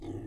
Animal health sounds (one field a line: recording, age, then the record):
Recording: pig call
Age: weaner (32 to 43 days)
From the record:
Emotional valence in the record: negative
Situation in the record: negative conditioning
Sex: female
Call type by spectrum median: low-frequency call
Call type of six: low-frequency stable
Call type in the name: low-frequency stable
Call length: 0.27 s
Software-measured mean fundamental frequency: 39 Hz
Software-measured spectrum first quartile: 98 Hz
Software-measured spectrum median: 256 Hz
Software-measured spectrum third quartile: 374 Hz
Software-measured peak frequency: 332 Hz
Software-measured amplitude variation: 123 dB a second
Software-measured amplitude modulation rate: 16.6 a second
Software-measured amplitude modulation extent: 7.4 dB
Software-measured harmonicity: 0.5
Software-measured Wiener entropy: 0.06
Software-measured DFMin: 1108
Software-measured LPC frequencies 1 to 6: 338, 1964, 3596, 4725, 6333, 7197 Hz